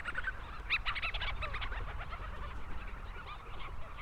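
Leach's storm petrel chattering, a fast run of clipped notes at the start, then scattered softer calls over continuous low rumble.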